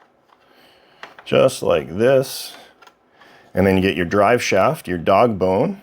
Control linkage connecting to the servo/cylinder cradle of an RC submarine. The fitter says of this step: They'll just snap into place